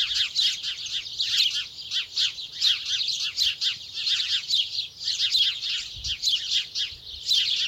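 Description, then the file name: House sparrow chattering, steady rapid chirps running on in busy bursts with swells in loudness. "Passer domesticus"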